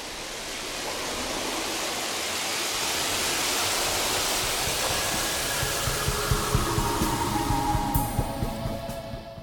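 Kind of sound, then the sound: nature, flowing water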